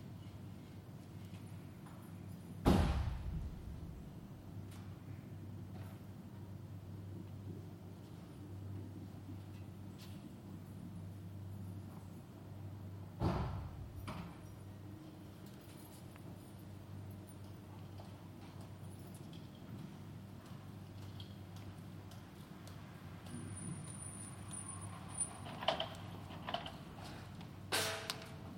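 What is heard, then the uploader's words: Inside an underground parking garage, a steady low hum of ventilation fills the space. Two loud, echoing bangs like a door slamming land near 3 and 13 seconds, and toward the end a cluster of sharp clicks and a brief thin whine appear. Underground parking garage The Hague. The sound of a medium-sized underground parking garage.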